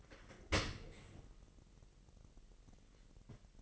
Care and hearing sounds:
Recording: daily activity, microphone in the room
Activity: open dishwasher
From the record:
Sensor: 4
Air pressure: 1001.3 hPa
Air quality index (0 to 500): 248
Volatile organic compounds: 45 ppm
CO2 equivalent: 3232 ppm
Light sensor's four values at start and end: 8/18/7/6 and 7/16/6/6

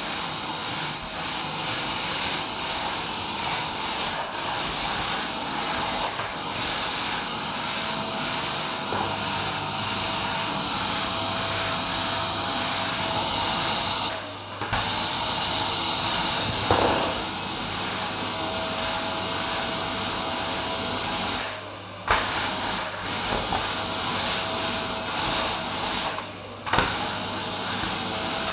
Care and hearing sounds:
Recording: daily activity, microphone in the room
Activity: vacuum cleaning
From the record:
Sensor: 2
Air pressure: 994.3 hPa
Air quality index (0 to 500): 213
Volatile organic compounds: 1000 ppm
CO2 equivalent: 7027 ppm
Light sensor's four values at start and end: 51/118/50/50 and 32/71/31/32

